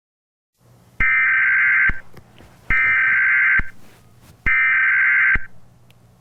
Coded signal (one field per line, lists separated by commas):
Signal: Emergency Alert System (SAME) tones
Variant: header bursts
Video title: Eas scenario when a facility breaks